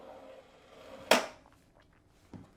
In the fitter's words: I should also mention that when the bobbin was full, this snapped back into place so that the machine is now ready for sewing.